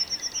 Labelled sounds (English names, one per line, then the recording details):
Yellowhammer song
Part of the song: start
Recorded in the Czech Republic on 1 June 2013
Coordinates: 49.160, 17.908
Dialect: BC
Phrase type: A26
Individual 303068